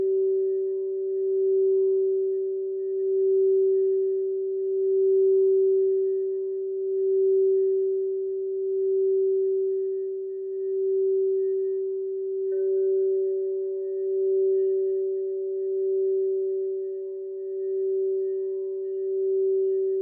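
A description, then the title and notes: A singing bowl hums with a steady, pure mid-pitched tone that never fades across the whole stretch. The sound swells and dips gently every couple of seconds in a slow, regular wobble, with a faint higher overtone ringing above it. Soundscape singing bowls.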